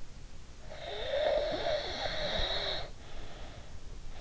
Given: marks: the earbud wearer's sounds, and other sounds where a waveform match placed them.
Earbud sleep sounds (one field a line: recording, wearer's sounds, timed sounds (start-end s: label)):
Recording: sounds in sleep by an in-ear microphone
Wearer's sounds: snoring breath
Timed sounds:
0.81-3.78 s: snoring breath